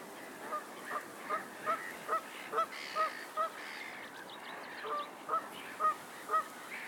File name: Lake ambience noisey seagulls geese wind Lackford Lakes